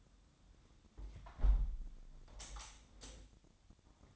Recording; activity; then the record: daily activity, microphone in the room; close window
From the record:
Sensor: 3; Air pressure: 1006.5 hPa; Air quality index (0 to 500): 197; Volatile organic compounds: 15 ppm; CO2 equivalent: 2510 ppm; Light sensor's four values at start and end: 10/24/10/10 and 10/23/10/9